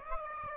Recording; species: mosquito wingbeat signal from an infrared sensor; Aedes aegypti